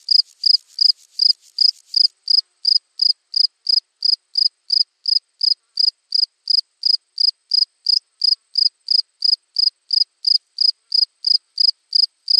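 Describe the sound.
Cricket chirping in a steady, high-pitched rhythm, short pulsed chirps repeated about three times per second, with no other sounds present.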